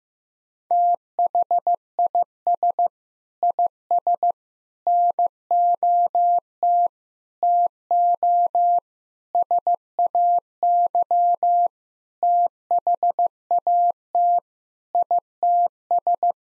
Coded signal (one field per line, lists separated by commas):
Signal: Morse code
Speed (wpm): 15 wpm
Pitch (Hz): 700 Hz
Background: none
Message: THIS IS NOT TO SAY THAT ITS